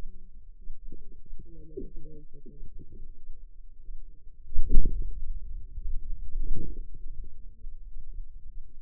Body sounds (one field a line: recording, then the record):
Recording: forearm muscle sounds (acoustic myography)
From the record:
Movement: hand closing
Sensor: system 2, bracelet of six BSWA MPA416 microphones around the upper forearm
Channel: 2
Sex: female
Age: 25 years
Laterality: right